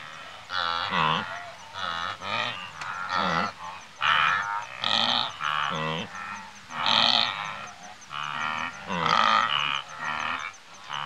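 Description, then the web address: Wildebeest grunting, a busy mix of nasal honking grunts from several animals, some drawn out and wavering, others short, going on without a break. Several grazing and grunting, Africa. "Sound Effects Library-30 (Africa- The Natural World) 28 WILDBEEST, Several grazing and grunting"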